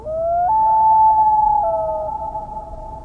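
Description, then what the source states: Common Loon giving a long wailing call that rises, steps up to a higher sustained note, then drops back and fades slowly. A haunting, long, mournful call, described as one of the loneliest sounds on the planet.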